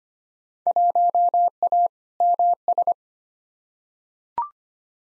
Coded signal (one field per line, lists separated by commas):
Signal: Morse code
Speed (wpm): 25 wpm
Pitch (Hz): 700 Hz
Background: none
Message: 1A MS